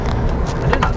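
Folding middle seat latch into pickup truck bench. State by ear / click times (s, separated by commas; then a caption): seated / 0.7 s, 0.8 s. A fold-down middle seat in a Chevy Silverado pickup truck's bench is raised until its latch engages and it locks into place. A low, steady rumble runs under the clip, with a faint tap at 0.1 s and then two louder, sharp hits at 0.7 s and 0.8 s as the latch catches. The seat is confirmed seated.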